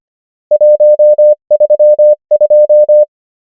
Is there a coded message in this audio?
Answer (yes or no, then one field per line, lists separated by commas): yes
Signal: Morse code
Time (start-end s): 0.5-3.0 s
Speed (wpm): 25 wpm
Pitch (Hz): 600 Hz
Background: none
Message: 1 3 2